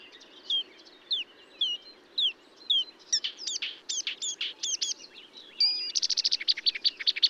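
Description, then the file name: Marsh warbler singing a lively medley of slurred whistles, rising and falling notes and quick scratchy bursts, closing with a rapid rattling series. Recorded at Bonnevaux on 31 May 2009 at 05:35. "Rousserolle verderolle 0535 25 Bonnevaux"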